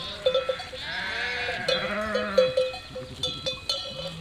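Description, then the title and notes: Sheep bleating softly among many clinking bells, a few drawn-out bleats rising over the tinkling. Flock of 467 sheep and lambs, freshly counted by the shepherd, moving and grazing grass and wild garlic in spring at Chindrieux, France; binaural recording with Fostex FR2 LE, recordist travelling by bicycle. "847 Rue de Vars, 73310 Chindrieux, France - Troupeau de moutons. En ce jour de printemps, au beau milieu d'un troupeau de 467 moutons et agneaux. Bêlements en chorale très spacialisée et en mouvement"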